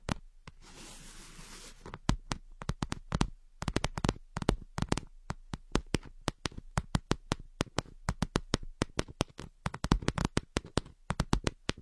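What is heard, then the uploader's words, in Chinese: Ear picking, opening with a second of dense, scratchy rustling. After that comes a long run of sharp, crisp clicks and crackles, tightly packed and irregular, some in quick bursts, over a quiet, still background. 姐姐抠耳朵催眠2（声控助眠）。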